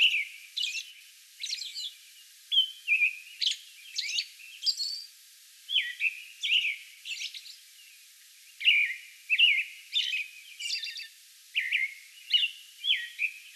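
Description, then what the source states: American robin song: clear slurred whistled phrases in a quick, uneven series, some followed by thin, high squeaky notes. May 11; song bout.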